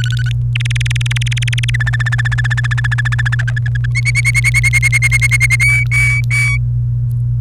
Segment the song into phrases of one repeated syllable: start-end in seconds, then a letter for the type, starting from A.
0.00-0.32 A, 0.55-1.70 B, 1.74-3.35 C, 3.39-3.87 D, 3.95-5.46 E, 5.50-5.56 D, 5.60-6.58 F